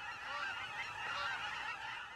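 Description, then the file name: Aleutian cackling goose: cackling geese honking in a dense, continuous flock chorus of many overlapping high, yelping calls. Chorus of tens of thousands of geese from fall through winter into spring in Humboldt and Del Norte Counties; once thought extinct. "sound ecology aleutian cacking geese"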